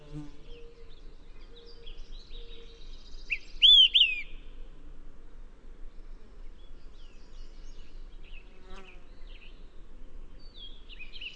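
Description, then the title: Olive-sided Flycatcher gives a single bright, slurred whistled phrase early on, while other small birds chip and twitter quietly throughout. "LuckyPassaro Completos2Sama. Olive-sided Flycatcher (Contopus cooperi)"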